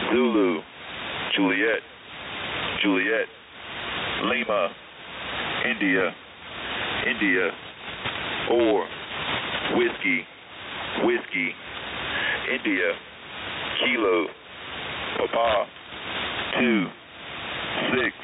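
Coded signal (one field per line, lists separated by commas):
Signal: coded military voice message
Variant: Emergency Action Message (EAM)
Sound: voice slowly reading NATO phonetic letters and numbers, evenly spaced, over steady hiss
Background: radio static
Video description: EAM message from Mainsail.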